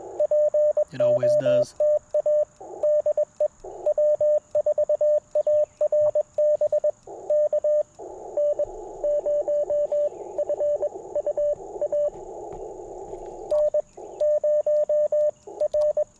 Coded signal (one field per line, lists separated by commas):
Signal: Morse code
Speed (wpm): 21 wpm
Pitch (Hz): 590 Hz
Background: speech, radio noise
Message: POTA DE W4ARB K N0FUA N0R